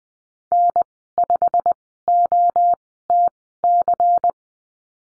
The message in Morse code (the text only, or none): N5OTC